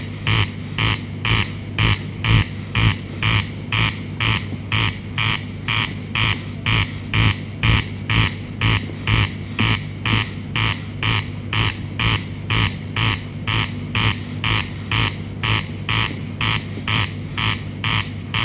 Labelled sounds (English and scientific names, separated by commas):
Corn Crake (Crex crex) song